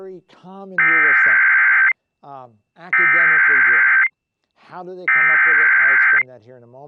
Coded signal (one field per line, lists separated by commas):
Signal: Emergency Alert System (SAME) tones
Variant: header bursts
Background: speech